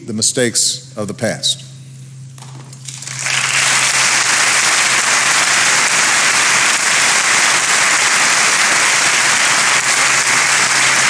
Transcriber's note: applause